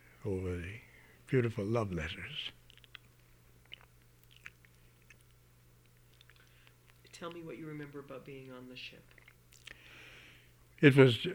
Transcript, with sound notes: over the beautiful love letters. (he pauses)
Tell me what you remember about being on the ship.
It was